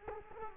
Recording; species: mosquito wingbeat signal from an infrared sensor; Culex quinquefasciatus